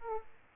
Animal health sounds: mosquito wingbeat signal from an infrared sensor; Aedes aegypti

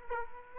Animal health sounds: mosquito wingbeat signal from an infrared sensor; Aedes aegypti

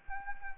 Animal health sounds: mosquito wingbeat signal from an infrared sensor; Anopheles arabiensis

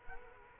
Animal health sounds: mosquito wingbeat signal from an infrared sensor; Culex quinquefasciatus

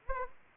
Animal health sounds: mosquito wingbeat signal from an infrared sensor; Anopheles gambiae

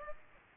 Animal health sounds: mosquito wingbeat signal from an infrared sensor; Aedes aegypti

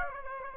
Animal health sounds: mosquito wingbeat signal from an infrared sensor; Aedes aegypti

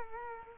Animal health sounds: mosquito wingbeat signal from an infrared sensor; Culex quinquefasciatus

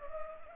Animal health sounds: mosquito wingbeat signal from an infrared sensor; Culex pipiens

